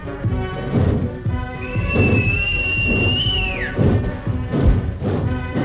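A single long, steady, high-pitched whistle is blown as a signal to a railway switchman as a train is about to depart, holding its note for about two seconds before sliding sharply downward, over a dense backdrop of music and clatter.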